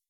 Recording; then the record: hydrophone in a shrimp aquaculture tank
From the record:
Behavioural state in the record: weakened